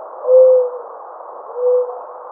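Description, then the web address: Mourning dove low, mellow coo notes, two smooth steady hoots about a second apart over a background hiss. Recorded on 28 May 2009. "Mourning Dove 2009 05 28"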